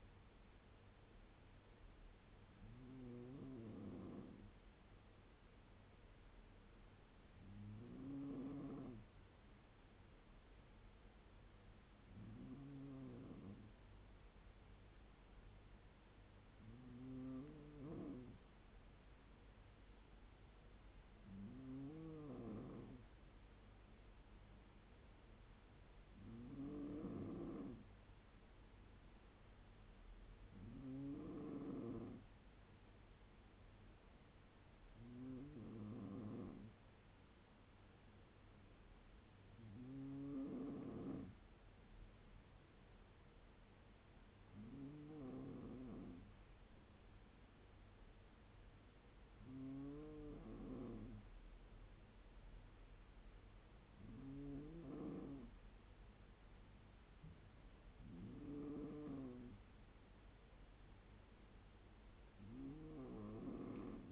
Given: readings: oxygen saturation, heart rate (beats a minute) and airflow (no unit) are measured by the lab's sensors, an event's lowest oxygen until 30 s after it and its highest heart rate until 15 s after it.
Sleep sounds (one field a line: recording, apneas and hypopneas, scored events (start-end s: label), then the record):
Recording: breathing in sleep by a voice recorder at the bedside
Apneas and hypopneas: none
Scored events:
none scored
From the record:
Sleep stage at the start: N2 (light sleep)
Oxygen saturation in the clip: 94 to 95%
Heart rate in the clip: 67 to 78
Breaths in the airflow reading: 14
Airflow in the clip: -4.6 to 3.7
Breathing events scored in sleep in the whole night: 201 in 6.5 hours asleep